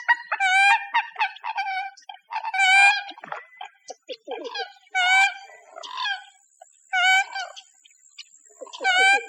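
Bird calls, loud nasal squawks given in uneven clusters with softer chatter between, and a thin steady high tone in the background.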